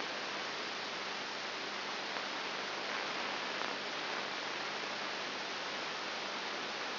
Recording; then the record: brain microelectrode recording played as sound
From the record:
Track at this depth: inside the subthalamic nucleus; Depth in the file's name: 4.501 mm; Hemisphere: right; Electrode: 3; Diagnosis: Parkinson's disease